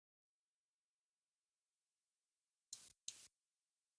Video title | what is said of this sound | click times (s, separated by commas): N54 Nexsys DI Delete Install | make sure you hear that snap so | 2.7 s